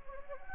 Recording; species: mosquito wingbeat signal from an infrared sensor; Anopheles gambiae